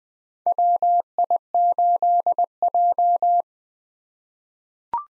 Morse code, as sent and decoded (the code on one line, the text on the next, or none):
.-- .. ---.. .---
WI8J